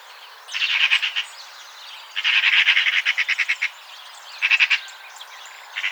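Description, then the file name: Eurasian magpie chattering in harsh, rapid rattling bursts, three dry runs of clipped notes with pauses between them, a fourth starting at the end. "Pica pica"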